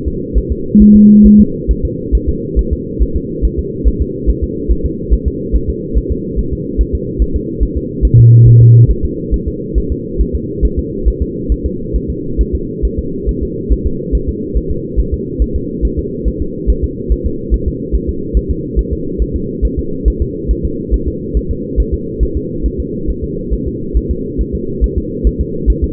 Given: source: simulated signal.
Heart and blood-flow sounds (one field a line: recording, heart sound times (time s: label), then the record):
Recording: fetal heart sounds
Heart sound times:
0.08 s: S2
0.38 s: S1
0.52 s: S2
0.82 s: S1
0.96 s: S2
1.26 s: S1
1.40 s: S2
1.71 s: S1
1.85 s: S2
2.15 s: S1
2.29 s: S2
2.59 s: S1
2.73 s: S2
3.02 s: S1
3.16 s: S2
3.45 s: S1
3.59 s: S2
3.88 s: S1
4.02 s: S2
4.29 s: S1
4.44 s: S2
4.72 s: S1
4.85 s: S2
5.13 s: S1
5.28 s: S2
5.56 s: S1
5.70 s: S2
5.97 s: S1
6.12 s: S2
6.39 s: S1
6.53 s: S2
6.81 s: S1
6.95 s: S2
7.22 s: S1
7.36 s: S2
7.63 s: S1
7.77 s: S2
8.05 s: S1
8.19 s: S2
8.47 s: S1
8.61 s: S2
8.91 s: S1
9.05 s: S2
9.34 s: S1
9.48 s: S2
9.78 s: S1
9.92 s: S2
10.21 s: S1
10.35 s: S2
10.65 s: S1
10.79 s: S2
11.08 s: S1
11.22 s: S2
11.52 s: S1
11.66 s: S2
11.96 s: S1
12.10 s: S2
12.41 s: S1
12.55 s: S2
12.85 s: S1
12.99 s: S2
13.29 s: S1
13.43 s: S2
13.72 s: S1
13.86 s: S2
14.15 s: S1
14.29 s: S2
14.57 s: S1
14.71 s: S2
15.00 s: S1
15.14 s: S2
15.42 s: S1
15.56 s: S2
15.85 s: S1
15.99 s: S2
16.28 s: S1
16.42 s: S2
16.70 s: S1
16.84 s: S2
17.12 s: S1
17.26 s: S2
17.54 s: S1
17.68 s: S2
17.95 s: S1
18.09 s: S2
18.37 s: S1
18.51 s: S2
18.79 s: S1
18.93 s: S2
19.22 s: S1
19.36 s: S2
19.65 s: S1
19.79 s: S2
20.08 s: S1
20.22 s: S2
20.51 s: S1
20.65 s: S2
20.94 s: S1
21.08 s: S2
21.37 s: S1
21.51 s: S2
21.80 s: S1
21.94 s: S2
22.23 s: S1
22.37 s: S2
22.66 s: S1
22.80 s: S2
23.10 s: S1
23.24 s: S2
23.53 s: S1
23.67 s: S2
23.97 s: S1
24.11 s: S2
24.41 s: S1
24.55 s: S2
24.84 s: S1
24.98 s: S2
25.27 s: S1
25.41 s: S2
25.70 s: S1
25.84 s: S2
From the record:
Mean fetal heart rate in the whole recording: 140 bpm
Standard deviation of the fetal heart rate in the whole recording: 2 bpm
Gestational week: 34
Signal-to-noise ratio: -6.6 dB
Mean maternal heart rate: 72 bpm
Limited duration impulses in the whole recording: present